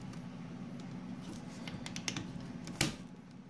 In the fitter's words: there like that you get a nice little satisfying snap and